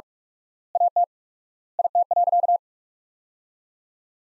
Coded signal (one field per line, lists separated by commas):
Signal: Morse code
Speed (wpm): 47 wpm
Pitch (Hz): 700 Hz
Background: none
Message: AT IT.